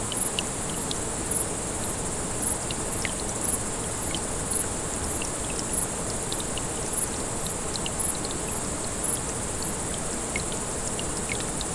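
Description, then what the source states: Grasshoppers giving steady, high-pitched rasping pulses at a regular pace above a rushing brook with scattered sharp drip sounds. Several grasshoppers beside a small brook, 6 August 2014, recorded on an MZ-N 710.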